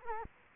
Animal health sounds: mosquito wingbeat signal from an infrared sensor; Culex quinquefasciatus

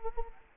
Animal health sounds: mosquito wingbeat signal from an infrared sensor; Culex quinquefasciatus

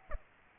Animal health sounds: mosquito wingbeat signal from an infrared sensor; Aedes aegypti

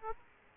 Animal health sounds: mosquito wingbeat signal from an infrared sensor; Aedes aegypti

